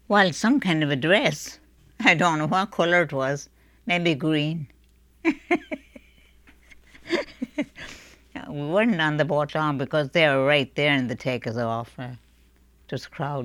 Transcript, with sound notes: Well, some kind of a dress. I don't know what color it was. Maybe green. ( she laughs ) We weren't on the boat long, because they were right there to take us off. It was crowded.